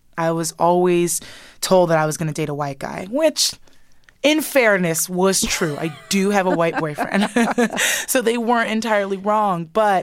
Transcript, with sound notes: I was always told that I was going to date a white guy, which, in fairness, was true. I do have a white boyfriend.
(Laughter).
So they weren't entirely wrong.